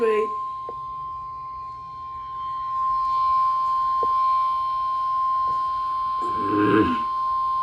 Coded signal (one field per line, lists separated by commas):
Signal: Emergency Alert System (SAME) tones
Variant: 1050 Hz attention tone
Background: speech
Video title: EAS #146 Severe Thunderstorm Warning On NWR